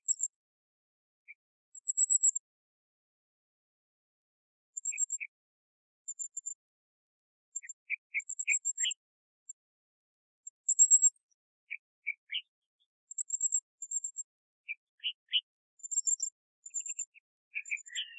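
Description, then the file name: Philippine hanging parrot giving thin, very high squeaky notes in short bursts, mixed with scattered sharp chips a little lower, repeated irregularly throughout. "colasisi"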